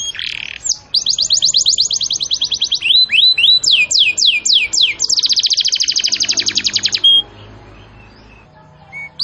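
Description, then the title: Canary song: buzzy note, quick high trills, a few slower sweeping slurs, then a long dense rattle that stops abruptly, leaving quiet background with a couple of faint notes. Domestic canary singing in cengkok song style. "Cengkok Kenari Mewah. MASTERAN KENARI CENGKOK mewah"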